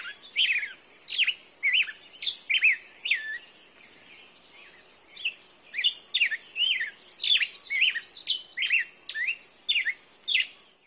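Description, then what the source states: Birds singing bursts of quick, sharp chirps and bright rising and falling whistled notes, pausing briefly near the middle before resuming. Birds at dawn.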